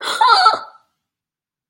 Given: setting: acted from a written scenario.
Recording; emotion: vocal sound without words; negative surprise